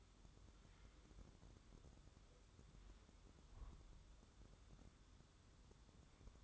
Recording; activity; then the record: daily activity, microphone in the room; wipe stove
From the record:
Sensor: 3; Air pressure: 1015.1 hPa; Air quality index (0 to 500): 71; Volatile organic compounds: 1 ppm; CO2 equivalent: 942 ppm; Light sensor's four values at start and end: 15/39/15/16 and 15/39/15/16